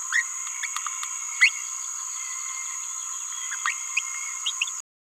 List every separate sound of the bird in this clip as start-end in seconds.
0.13-0.24, 1.41-1.50, 3.66-3.73, 3.97-4.01, 4.46-4.52, 4.61-4.64